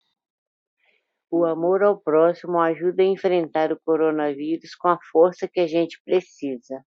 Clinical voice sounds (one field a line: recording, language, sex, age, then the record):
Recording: spoken sentence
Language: Brazilian Portuguese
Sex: female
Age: 50 to 59 years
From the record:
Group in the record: control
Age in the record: 57 years